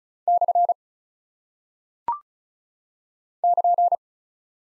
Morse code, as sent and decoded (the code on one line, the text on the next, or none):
-..-. / -.--.
/ <KN>